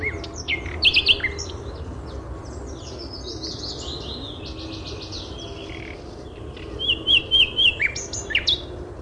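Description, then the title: Bird song of bright high chirps and twittering notes, loud quick bursts near the start and end with softer continuous warbling between, over a low steady hum. "LuckyPassaro Completos2Sama"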